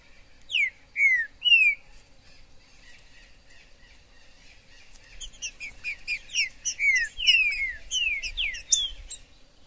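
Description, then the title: Green-winged saltator: three loud, rich whistled notes sliding downward, then a busy stretch of many overlapping chirps and whistles. Green-winged saltator singing in the wild in the forest; recording meant to stimulate and provoke caged males to sing and compete. "Trinca ferro MAJOR no MATO"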